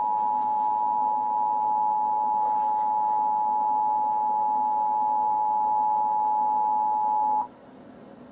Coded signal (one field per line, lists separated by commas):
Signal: Emergency Alert System (SAME) tones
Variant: 853 and 960 Hz attention tone